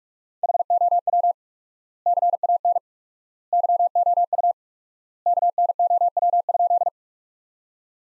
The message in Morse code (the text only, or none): HOW CAN YOU KNOW?